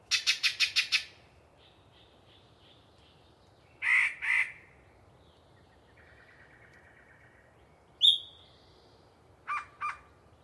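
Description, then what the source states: Yellow-breasted chat song: a rapid burst of rattled notes, then two harsh chuck calls, a drawn-out buzz, a sharp whistle and a final clucking pair. Long, sustained pre-dawn song from a particularly chatty bird in deciduous cover.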